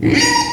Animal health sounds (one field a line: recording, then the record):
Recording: squeal of a Yucatan mini pig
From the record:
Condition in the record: before surgery on the right vocal fold (resection and tissue-engineered implant)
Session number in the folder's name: 2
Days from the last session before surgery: 0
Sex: male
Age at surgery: 12 weeks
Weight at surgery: 13 kg